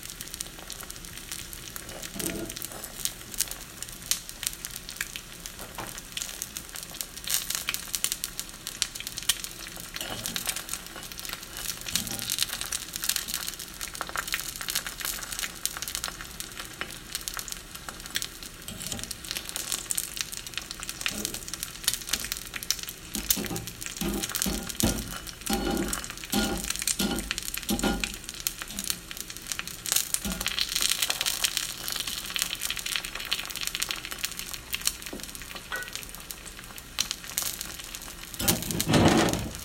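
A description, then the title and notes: A sunny-side-up egg fries in a pan, a dense steady crackling sizzle with frequent sharp pops, louder bursts near the end. Frying a Sunny-side-up Egg.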